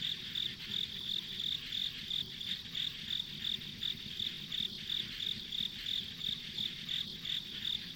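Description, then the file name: Insect chirps in a fast, even series of short high pulses, roughly three each second, with faint noise underneath. Ambient insect sounds recorded on a country road. "田舎道の虫の環境音"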